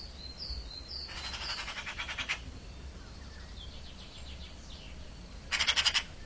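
Bird sounding a fainter pulsed trill early on, then a short loud buzzy burst near the end, with constant low rumble and hiss throughout.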